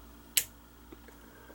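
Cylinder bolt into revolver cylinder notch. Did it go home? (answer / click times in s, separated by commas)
yes / 0.4 s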